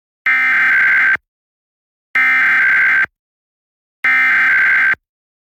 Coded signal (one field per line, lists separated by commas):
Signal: Emergency Alert System (SAME) tones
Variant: header bursts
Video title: EAS: Pennsylvania Required Monthly Tests (10/15/20)(EAS #489-494)